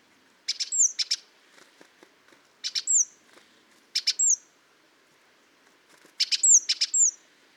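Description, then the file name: Great tit calls in four groups, each a couple of harsh buzzy notes plus a sharp, high, descending whistle, with faint clicks between groups. "Parus major"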